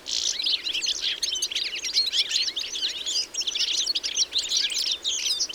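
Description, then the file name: European goldfinch calls: a dense, unbroken stream of bright chirps and short twitters. "Carduelis carduelis"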